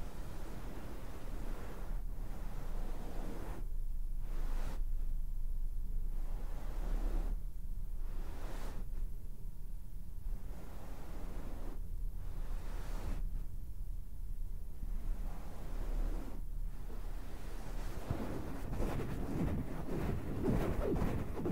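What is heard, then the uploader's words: Fabric is scratched and rubbed in a steady, dense rustle that runs through the whole stretch, dipping into brief quieter gaps every second or two. Near the end the rubbing turns rougher and busier, with a low rumbling undertone throughout. ASMR THE MOST COMFY AND SOFT SOUNDS TO SLEEP FABRIC SCRATCHING, RUBBING AND TAPPING - NO TALKING.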